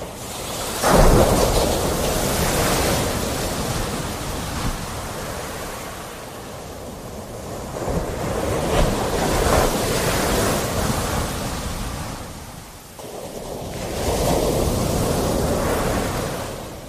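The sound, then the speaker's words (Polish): Sea waves break on a beach in a steady hiss of surf that swells and eases in slow surges, briefly dropping away before rolling back in. No voices are heard. “Człowiek się kładzie i patrzy w morze, turkusowe, i nic nie robi.”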